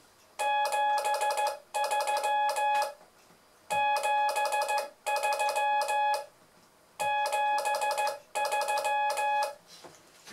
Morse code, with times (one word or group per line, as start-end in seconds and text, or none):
0.4-2.8 73
3.7-6.2 73
7.0-9.5 73